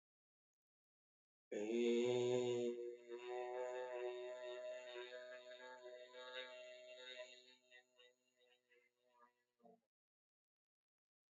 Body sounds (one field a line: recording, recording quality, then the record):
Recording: sustained vowel as in made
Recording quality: excellent, no background noise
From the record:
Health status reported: healthy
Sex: male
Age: 30 years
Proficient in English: yes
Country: India